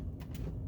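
A spring-loaded removal tool is pushed into a plastic wiring connector housing until the crimped pin's latch releases with a small click at 0.4 s, freeing the pin. A low, steady background rumble runs underneath the click.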